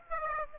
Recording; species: mosquito wingbeat signal from an infrared sensor; Aedes aegypti